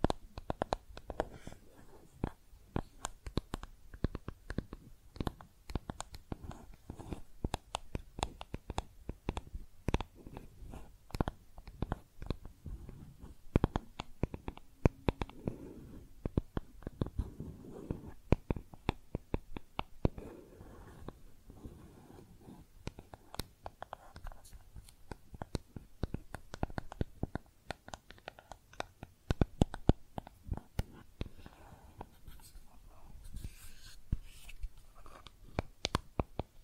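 Makeup tapping and scratching sounds: a dense, irregular run of sharp taps and clicks that continues for the whole stretch, with quick flurries and short pauses. Soft low scraping swells in around the middle, and the clicks thin slightly toward the end.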